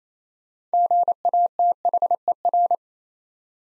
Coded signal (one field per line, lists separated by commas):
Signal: Morse code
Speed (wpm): 27 wpm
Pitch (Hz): 700 Hz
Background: none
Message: GATHER